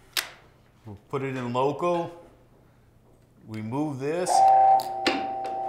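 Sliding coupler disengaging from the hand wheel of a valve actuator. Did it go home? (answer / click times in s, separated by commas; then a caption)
released / 5.1 s. Someone talks while an electric valve actuator is switched to local and its catch is removed or tripped, with a brief sharp sound near 0.2 s. At 5.1 s a metal clunk is heard as the spring-loaded sliding coupler drops out of the hand wheel dogs and releases. The manual hand wheel is left disengaged.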